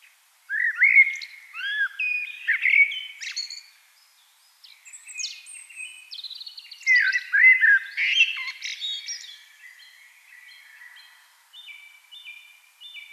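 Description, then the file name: Eurasian blackbird song: fluted warbling phrases mixed with thin high twitters, then a run of evenly repeated high notes. "Turdus merula"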